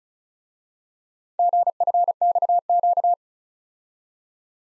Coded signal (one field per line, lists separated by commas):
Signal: Morse code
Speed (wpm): 38 wpm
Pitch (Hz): 700 Hz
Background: none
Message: GFXQ